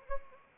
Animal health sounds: mosquito wingbeat signal from an infrared sensor; Anopheles arabiensis

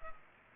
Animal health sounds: mosquito wingbeat signal from an infrared sensor; Culex pipiens

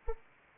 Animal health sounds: mosquito wingbeat signal from an infrared sensor; Anopheles arabiensis

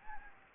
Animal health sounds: mosquito wingbeat signal from an infrared sensor; Anopheles gambiae

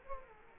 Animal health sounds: mosquito wingbeat signal from an infrared sensor; Culex quinquefasciatus

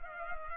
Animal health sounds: mosquito wingbeat signal from an infrared sensor; Culex pipiens

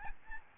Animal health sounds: mosquito wingbeat signal from an infrared sensor; Aedes albopictus

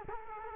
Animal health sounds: mosquito wingbeat signal from an infrared sensor; Culex quinquefasciatus

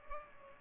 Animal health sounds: mosquito wingbeat signal from an infrared sensor; Culex pipiens

